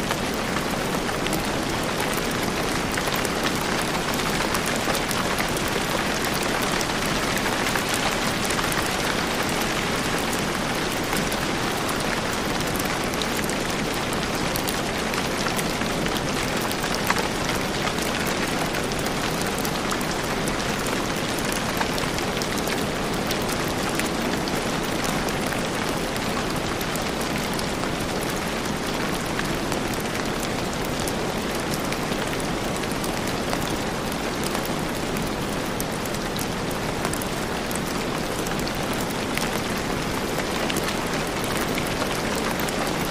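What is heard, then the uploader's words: A rainstorm pours down steadily, a dense, even hiss of countless drops hitting a surface with no let-up. The sound is full and fairly bright, spread from a low rumble up to a crisp top, with one small tap near seventeen seconds. Dreamy Rain Sleep Sounds | Relaxing Rainstorm White Noise.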